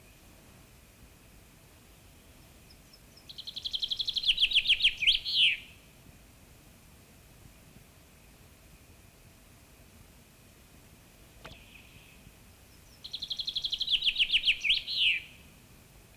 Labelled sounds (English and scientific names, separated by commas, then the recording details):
Common Chaffinch (Fringilla coelebs) song
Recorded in the wild
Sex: male
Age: adult
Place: Goslar, OT Hahnenklee, Oberharz, Niedersachsen, DE
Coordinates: 51.8619, 10.3461
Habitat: forest
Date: 1965-04-11
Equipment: Uher 4000 Report-S, Bändchenmikro Beyer M 260, Parabolspiegel Polyester (470 mm)
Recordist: Conrads, Klaus
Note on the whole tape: Granetal-Hexenbank. Männchen: Gesang. Aufnahmezeit: nachmittags